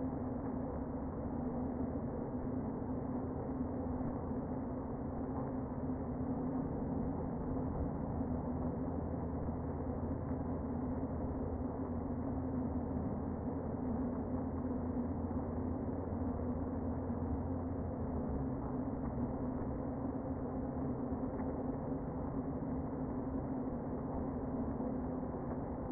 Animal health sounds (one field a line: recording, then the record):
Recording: honeybee colony, microphone inside the hive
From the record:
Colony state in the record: queen present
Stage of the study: before two queens were removed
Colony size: about 60,000 bees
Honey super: yes